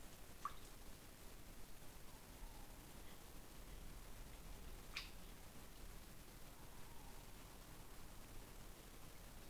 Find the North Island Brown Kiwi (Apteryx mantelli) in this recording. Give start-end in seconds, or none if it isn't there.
none